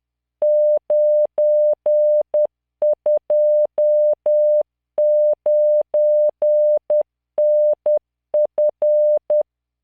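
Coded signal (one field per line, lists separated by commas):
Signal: Morse code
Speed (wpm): 10 wpm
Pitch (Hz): 600 Hz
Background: none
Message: 929NF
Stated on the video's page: Software-generated Morse practice with LearningMorse at 10 WPM, 600 Hz tone, standard 3-dot spacing, random 5-character groups.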